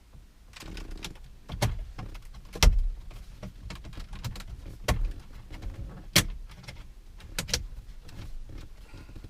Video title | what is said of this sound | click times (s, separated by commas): Auto Start Stop Sucks! Fixing the Annoying feature EVERY Ford F150 Owner HATES!! | just a bunch of clips here on each side of the bezel that just clicked back into position | 2.6 s, 4.9 s, 6.2 s, 7.4 s